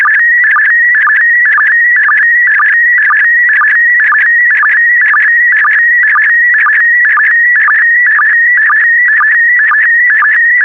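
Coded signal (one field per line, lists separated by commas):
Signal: SSTV (slow-scan television)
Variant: PD120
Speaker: the next image transmission will start in 10 seconds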